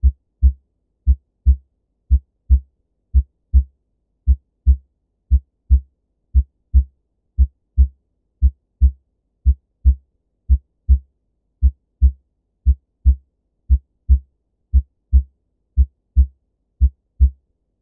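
Regular paired low thuds, lub-dub, at about 58 beats a minute with clean silent gaps and no extra sounds between beats: normal first and second heart sounds. S1 comes from mitral and tricuspid closure, with the louder mitral component heard best at the apex and the tricuspid part at the left lower sternal border; S2 comes from aortic and pulmonic valve closure.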